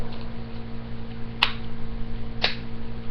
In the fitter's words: there we go you want everything to click into place cuz you're going to want to rotate these